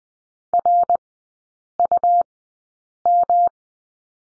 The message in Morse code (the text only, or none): RUM